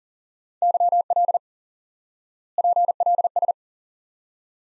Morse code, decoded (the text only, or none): YL PLS